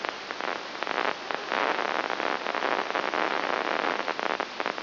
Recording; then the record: brain microelectrode recording played as sound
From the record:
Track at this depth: inside the subthalamic nucleus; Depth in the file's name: 2.503 mm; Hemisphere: left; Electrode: 3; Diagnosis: Parkinson's disease